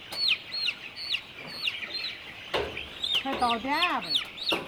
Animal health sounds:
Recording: poultry house recording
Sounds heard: healthy chickens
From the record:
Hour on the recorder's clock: 11

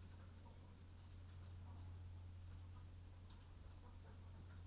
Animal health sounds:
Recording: poultry house recording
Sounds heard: sick chickens (respiratory disease)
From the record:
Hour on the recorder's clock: 21

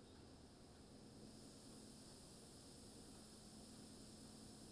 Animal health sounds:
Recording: poultry house recording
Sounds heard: no chicken sound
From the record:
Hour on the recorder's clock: 23

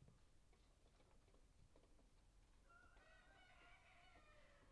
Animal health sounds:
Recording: poultry house recording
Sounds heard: healthy chickens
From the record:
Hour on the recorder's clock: 1

